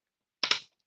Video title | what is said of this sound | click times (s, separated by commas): SewCreative Live Spring Sew-cial: Day 2 | and then you hear the snap and then you're good to go so it's really simple and then | 0.4 s